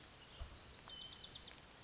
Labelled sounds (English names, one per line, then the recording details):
Wilson's Warbler
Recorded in Sonoma County, California